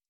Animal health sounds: hydrophone in a shrimp aquaculture tank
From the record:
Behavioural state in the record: stressed

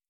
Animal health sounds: hydrophone in a shrimp aquaculture tank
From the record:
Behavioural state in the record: starved

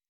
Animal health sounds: hydrophone in a shrimp aquaculture tank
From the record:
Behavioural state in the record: weakened

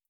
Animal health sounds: hydrophone in a shrimp aquaculture tank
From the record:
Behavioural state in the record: starved

